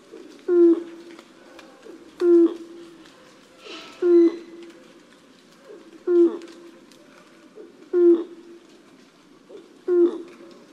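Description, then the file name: Malayan night heron giving deep, hollow hoots with a short harmonic upsweep, repeated about every two seconds in a steady series. "黑冠麻鷺"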